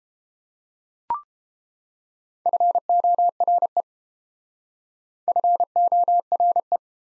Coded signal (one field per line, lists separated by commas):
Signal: Morse code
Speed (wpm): 30 wpm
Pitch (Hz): 700 Hz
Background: none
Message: FORE FORE